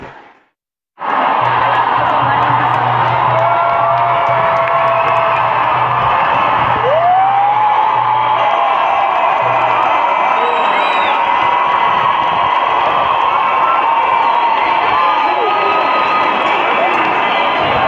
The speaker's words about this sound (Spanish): Estáis oyendo el grito colectivo de toda la manifestación. Estamos dando una vuelta por Gran Vía y todavía hay gente en el triunfo, con lo cual creemos que ahora mismo la Gran Vía está prácticamente completa, llena de gente.